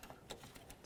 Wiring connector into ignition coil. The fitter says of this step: connect this in. Listen for a click, give it a tug.